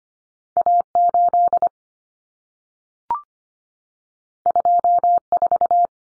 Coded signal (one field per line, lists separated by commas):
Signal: Morse code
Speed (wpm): 25 wpm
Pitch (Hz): 700 Hz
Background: none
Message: A8 24